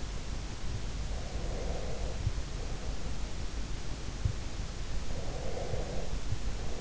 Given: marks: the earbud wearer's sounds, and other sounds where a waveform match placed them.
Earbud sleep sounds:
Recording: sounds in sleep by an in-ear microphone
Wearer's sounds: breath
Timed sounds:
1.23-3.15 s: breath
4.97-6.79 s: breath

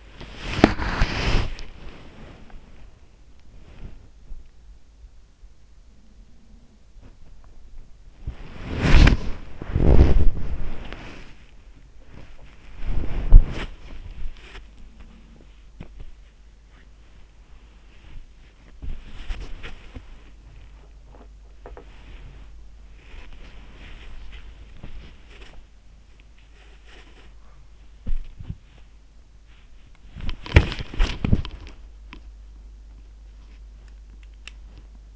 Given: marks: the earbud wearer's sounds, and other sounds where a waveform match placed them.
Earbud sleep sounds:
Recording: sounds in sleep by an in-ear microphone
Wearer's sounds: body movement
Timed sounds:
0.00-35.16 s: body movement
5.85-7.21 s: sound from someone else or the room
14.58-15.59 s: sound from someone else or the room
20.78-22.17 s: sound from someone else or the room

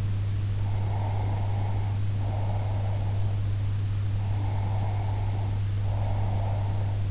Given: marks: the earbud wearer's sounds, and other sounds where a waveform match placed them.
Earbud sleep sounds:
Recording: sounds in sleep by an in-ear microphone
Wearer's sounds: breath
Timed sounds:
0.61-3.36 s: breath
4.21-7.02 s: breath

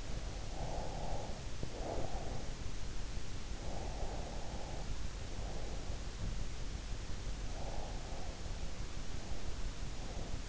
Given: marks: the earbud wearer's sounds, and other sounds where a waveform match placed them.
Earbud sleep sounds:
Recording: sounds in sleep by an in-ear microphone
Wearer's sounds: breath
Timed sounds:
0.00-2.73 s: breath
3.51-6.10 s: breath
7.40-10.49 s: breath

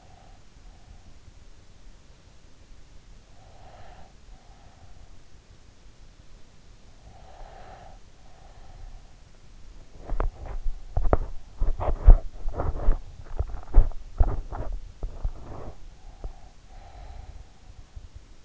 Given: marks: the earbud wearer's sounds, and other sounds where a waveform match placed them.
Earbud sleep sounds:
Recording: sounds in sleep by an in-ear microphone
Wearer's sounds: breath, teeth grinding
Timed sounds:
0.00-0.77 s: breath
3.60-5.12 s: breath
6.97-8.89 s: breath
10.00-15.53 s: teeth grinding
16.29-17.60 s: breath

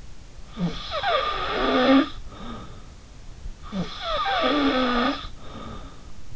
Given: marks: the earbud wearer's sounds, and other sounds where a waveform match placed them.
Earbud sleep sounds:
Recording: sounds in sleep by an in-ear microphone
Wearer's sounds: snoring breath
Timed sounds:
0.47-2.92 s: snoring breath
3.62-6.10 s: snoring breath

